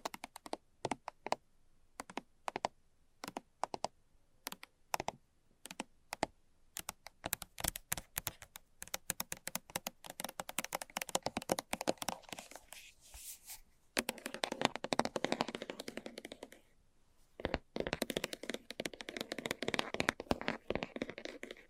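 Fast, light tapping in quick irregular bursts, each tap a short crisp click. The first half is sparser with brief gaps between runs; from about 14 seconds the taps blur into a denser, busier patter, pausing briefly near 17 seconds before resuming.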